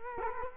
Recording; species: mosquito wingbeat signal from an infrared sensor; Culex quinquefasciatus